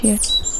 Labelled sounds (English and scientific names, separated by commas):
Stitchbird (Notiomystis cincta) song